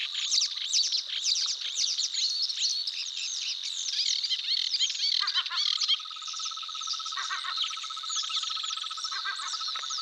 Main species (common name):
Savi's Warbler